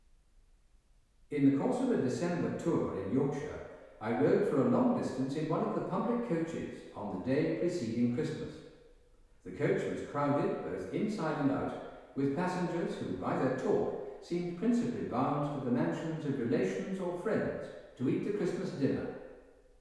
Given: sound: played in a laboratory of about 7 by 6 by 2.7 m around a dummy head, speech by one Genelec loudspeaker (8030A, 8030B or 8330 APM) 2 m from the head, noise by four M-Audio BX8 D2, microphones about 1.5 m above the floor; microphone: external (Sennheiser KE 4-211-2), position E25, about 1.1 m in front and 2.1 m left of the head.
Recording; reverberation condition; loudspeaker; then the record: male speech in English; high; 60 degrees to the right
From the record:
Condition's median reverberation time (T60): about 1300 ms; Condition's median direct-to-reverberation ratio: about -4.0 dB